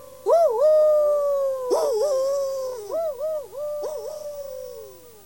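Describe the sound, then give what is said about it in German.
A person imitates a wolf howl, voicing a series of long, wavering mid-pitched howls that swoop up and dip down in pitch, fairly loud and steady with no talking. “Das ist kein Kojotengeheul. Das ist Wolfsgeheul.”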